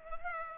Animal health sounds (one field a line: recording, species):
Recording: mosquito wingbeat signal from an infrared sensor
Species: Culex pipiens